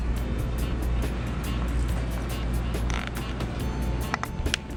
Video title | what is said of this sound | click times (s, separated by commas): You HAVE To Do THIS To Your Outboard Motors | make sure it clicks | 4.5 s